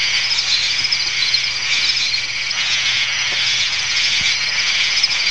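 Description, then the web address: Insect chorus with unbroken, high buzzing trills layered together, holding an even level, plus a quiet low hum and a few soft ticks. Insects calling in a swamp. "Wei-Hsiang Liao gen Insects In A Swamp"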